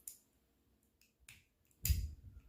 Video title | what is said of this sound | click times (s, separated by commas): 94+ Subaru Legacy Budget Cost! Just like New/Works Great Ignition Cylinder Repair. PART 1 | you will hear it click | 1.9 s